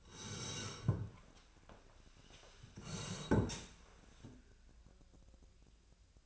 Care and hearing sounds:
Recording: daily activity, microphone in the room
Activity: sit down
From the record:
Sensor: 2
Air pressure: 1015.1 hPa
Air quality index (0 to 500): 174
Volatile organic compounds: 11 ppm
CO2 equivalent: 2270 ppm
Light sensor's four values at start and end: 12/34/13/14 and 12/34/13/15

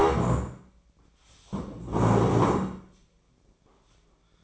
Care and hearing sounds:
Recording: daily activity, microphone in the room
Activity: stand up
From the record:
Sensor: 1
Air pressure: 1012.3 hPa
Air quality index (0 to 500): 172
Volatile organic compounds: 3 ppm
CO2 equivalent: 1414 ppm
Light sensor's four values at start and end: 44/120/49/60 and 46/123/50/62

